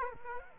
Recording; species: mosquito wingbeat signal from an infrared sensor; Aedes aegypti